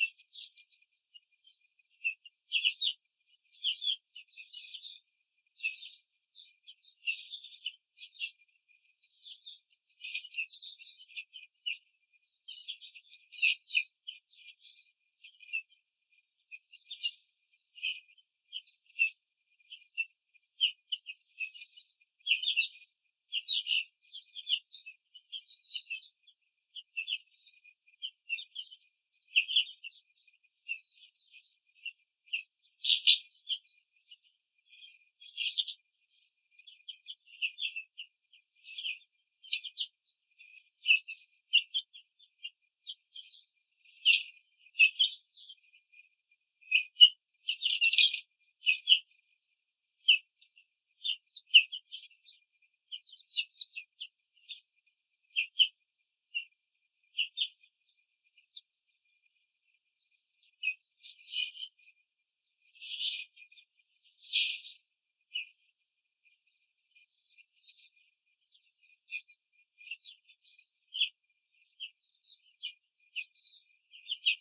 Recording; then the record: young laying hens in a cage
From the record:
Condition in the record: control cage, before the stress test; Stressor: none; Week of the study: 4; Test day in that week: 1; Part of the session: 4